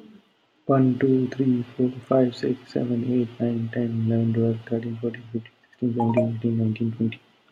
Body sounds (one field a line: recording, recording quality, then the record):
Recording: counting at a fast pace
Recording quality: moderate, slight background noise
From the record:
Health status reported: healthy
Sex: male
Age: 34 years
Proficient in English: yes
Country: India